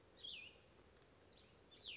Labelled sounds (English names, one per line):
Cassin's Vireo